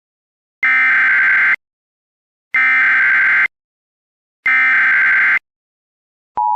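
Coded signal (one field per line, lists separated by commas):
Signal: Emergency Alert System (SAME) tones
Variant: header bursts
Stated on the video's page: Fictional EAS scenario based on a webcomic, not a real alert.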